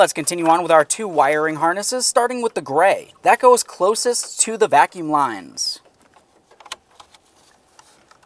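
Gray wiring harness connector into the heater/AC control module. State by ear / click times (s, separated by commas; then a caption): not seated / none. Someone talks for about five and a half seconds while handling the gray plastic wiring harness connector, the one of two that goes closest to the vacuum lines, at the back of the heater and A/C control unit of a 2003-2011 Mercury Grand Marquis. Faint, light handling taps follow in the quiet that comes after. Nothing has seated or clicked yet.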